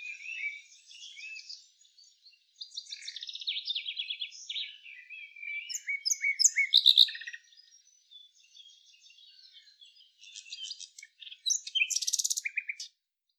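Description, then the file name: Common nightingale singing varied phrases of rapid repeated notes and warbles, separated by short pauses, ending in a loud burst. "Luscinia megarhynchos"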